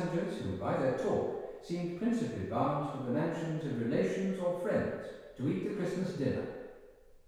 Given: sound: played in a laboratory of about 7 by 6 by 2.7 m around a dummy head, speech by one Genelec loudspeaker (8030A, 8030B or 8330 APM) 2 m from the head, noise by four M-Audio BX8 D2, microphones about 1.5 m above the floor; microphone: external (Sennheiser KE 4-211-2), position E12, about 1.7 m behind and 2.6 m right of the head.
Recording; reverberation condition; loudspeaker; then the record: male speech in English; high; 90 degrees to the right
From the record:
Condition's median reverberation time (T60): about 1300 ms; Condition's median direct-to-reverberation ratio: about -4.0 dB